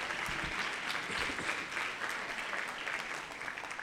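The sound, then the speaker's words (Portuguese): A church audience at a New Year's service applauds the Lord, a dense wash of clapping hands that holds at an even, moderately loud level for several seconds without any voices standing out. “Aplaudam o Senhor pela vida deles.”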